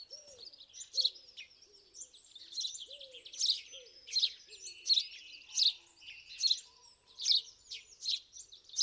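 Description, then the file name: House sparrow chirping, bright clipped chirps repeated in loose bursts, with a few soft lower curved notes. "Passer domesticus"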